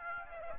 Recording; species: mosquito wingbeat signal from an infrared sensor; Aedes aegypti